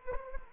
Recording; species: mosquito wingbeat signal from an infrared sensor; Anopheles arabiensis